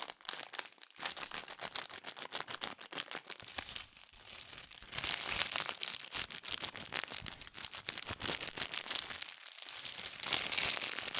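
Fast tapping, scratching and tracing on cardboard and paper, a dense run of sharp crisp clicks with a dry crinkly rasp between them. The pace stays quick and uneven throughout, growing slightly louder and brighter after the fifth second, with brief dips near the start and around nine seconds.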